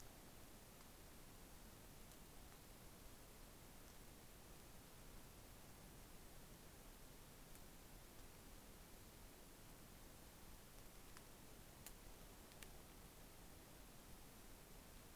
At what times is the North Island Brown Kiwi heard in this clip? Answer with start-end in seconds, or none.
none